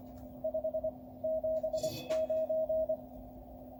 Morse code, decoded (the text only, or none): 579